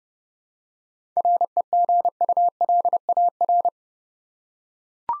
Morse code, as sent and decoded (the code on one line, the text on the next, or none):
.-. . --. ..- .-.. .- .-.
REGULAR